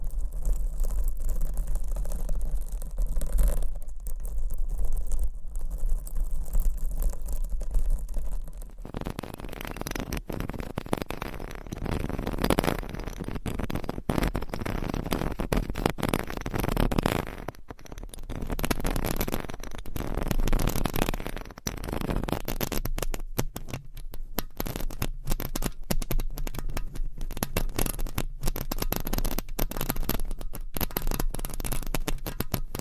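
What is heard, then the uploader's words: Scratching and rubbing against a microphone, constant throughout. The first nine seconds are duller, with a low steady hum. The sound then turns bright, harsh and crackly, with dense rasping scrapes and sharp clicks that grow more frequent in the last ten seconds. ASMR Testing Your Tingle Immunity Levels Mic Scratching Edition-Intense Trigger Warning!No Talking.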